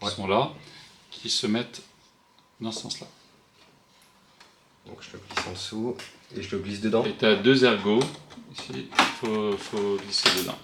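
Someone talks while an embroidery hoop is oriented and positioned on the embroidery arm of a Brother F440e embroidery machine, then slid underneath and into place. A faint tick around 4.4 s comes from contact, not the clip. Nothing has clicked into place yet.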